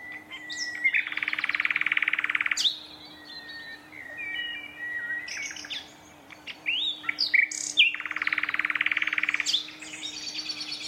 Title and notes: Sound Escape: An astonishing nightingale duet in a Dorset woodland. north Dorset countryside. a single nightingale starts to sing. another male. a competitive duet. BBC Countryfile Magazine's Sound Escapes